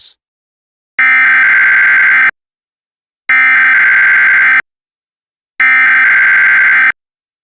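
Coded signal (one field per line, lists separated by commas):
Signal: Emergency Alert System (SAME) tones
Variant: header bursts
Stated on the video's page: Fictional EAS scenario made with Clipchamp using Wikimedia Commons sound effects.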